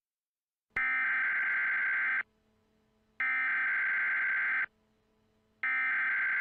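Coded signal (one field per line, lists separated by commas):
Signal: Emergency Alert System (SAME) tones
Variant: header bursts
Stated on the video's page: Custom-made EAS alert created for a haunted house attraction, played on a television.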